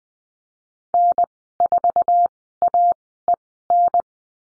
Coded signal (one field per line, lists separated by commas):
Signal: Morse code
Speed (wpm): 20 wpm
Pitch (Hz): 700 Hz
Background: none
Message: N4AEN